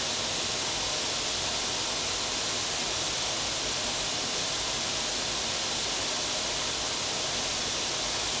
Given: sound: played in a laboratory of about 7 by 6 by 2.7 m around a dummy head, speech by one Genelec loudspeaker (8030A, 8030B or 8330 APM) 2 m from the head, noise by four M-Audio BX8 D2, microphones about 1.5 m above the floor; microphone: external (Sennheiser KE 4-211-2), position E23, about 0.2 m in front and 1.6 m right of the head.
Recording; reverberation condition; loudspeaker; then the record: white noise; medium; four, about 170 cm from the corners of the room and facing them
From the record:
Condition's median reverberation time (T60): about 510 ms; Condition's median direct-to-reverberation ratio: about -0.5 dB